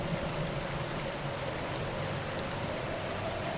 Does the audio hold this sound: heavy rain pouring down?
yes